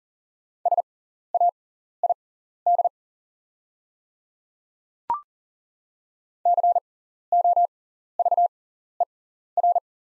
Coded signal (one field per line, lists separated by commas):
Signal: Morse code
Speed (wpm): 40 wpm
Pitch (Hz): 700 Hz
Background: none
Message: SAID COVER